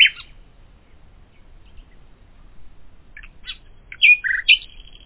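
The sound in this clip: Common nightingale song: a single harsh note, a quiet pause, then scattered chirps leading into loud whistled and rasping notes near the end.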